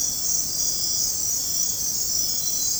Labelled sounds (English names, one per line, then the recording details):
none
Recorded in dense forest near Puerto Asís, Putumayo, Colombia, on 21 February 2024 at 03:30
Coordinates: 0.503, -76.322
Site G6418